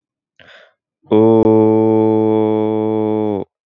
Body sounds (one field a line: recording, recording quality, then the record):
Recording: sustained vowel as in boot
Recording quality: excellent, no background noise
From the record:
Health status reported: exposed to COVID-19, no respiratory illness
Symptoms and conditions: cold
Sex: male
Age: 22 years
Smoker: not ticked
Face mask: worn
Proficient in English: yes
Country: India